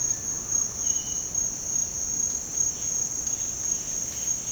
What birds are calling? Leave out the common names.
none